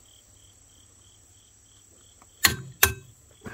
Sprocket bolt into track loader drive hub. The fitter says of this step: Let's see if we get a click. All right. There's one.